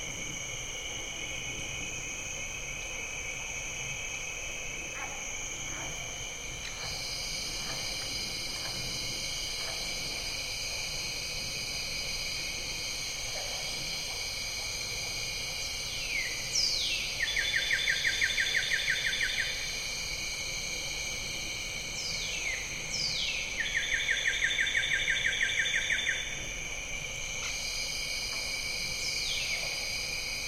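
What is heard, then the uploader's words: A diffuse chorus of bird-voiced treefrogs calls in the evening, steady whistled tones layered at several pitches throughout. Around 16–19 and 23–26 seconds, nearer frogs break in with louder, rapid trilled bursts introduced by falling whistles. A faint low rumble runs underneath. Jessamine Bayou is a seasonally flooded forest in the heart of America's Amazon, the Mobile-Tensaw River Delta. These recordings are taken from overnight "drop rigs" left at the edge of a tributary surrounded cypress swamp and adjacent to a field of saw palmetto.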